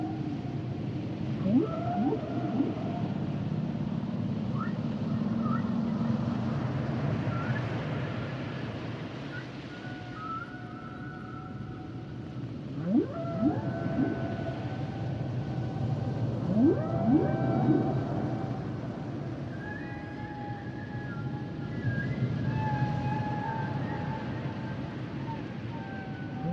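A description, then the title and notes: Humpback whale song of rising sweeps and long, drawn-out tonal moans, returning every few seconds over a steady low rumble. The songs and sounds of the humpback whale.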